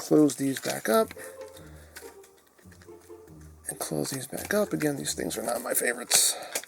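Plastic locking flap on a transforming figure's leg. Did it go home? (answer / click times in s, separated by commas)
no / none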